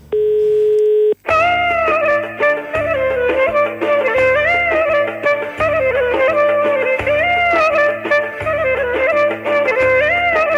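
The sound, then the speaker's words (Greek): A steady, single-pitched telephone tone from a call to the SYRIZA central offices on Koumoundourou hums for about a second, then cuts off as loud, upbeat music with a pulsing bass line and bright melody takes over. “Πήραμε και μετά τη λήξη του πένθους, πάλι τηλέφωνο στην Κουμουνδούρου.”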